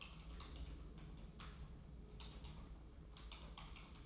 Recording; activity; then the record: daily activity, microphone in the room; typing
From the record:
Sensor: 1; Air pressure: 995.3 hPa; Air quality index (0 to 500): 28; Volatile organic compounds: 1 ppm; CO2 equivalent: 541 ppm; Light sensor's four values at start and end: 14/49/17/18 and 14/49/17/18